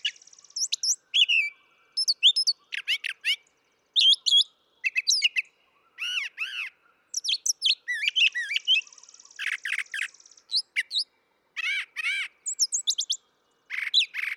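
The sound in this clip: Brown thrasher song: a long run of varied high phrases, chirps, slurred whistles and buzzy notes, some repeated, with brief pauses between.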